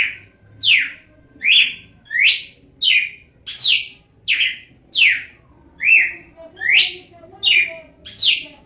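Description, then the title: Red-cowled cardinal singing a continuous series of bright, slurred whistles, roughly eleven notes in under nine seconds, each a quick swooping phrase, some rising and some falling. "Galo de Campina"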